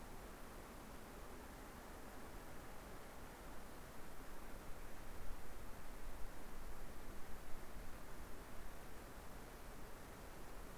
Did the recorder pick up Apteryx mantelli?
no